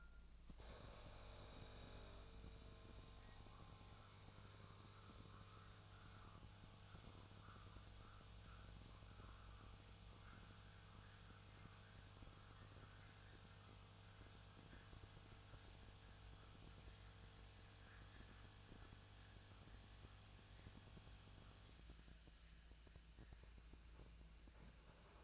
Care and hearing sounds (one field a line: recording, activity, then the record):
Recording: daily activity, microphone in the room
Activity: make coffee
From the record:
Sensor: 2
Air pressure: 1000.1 hPa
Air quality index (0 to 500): 141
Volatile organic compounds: 2 ppm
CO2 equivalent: 1197 ppm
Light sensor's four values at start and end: 26/63/27/30 and 26/63/27/30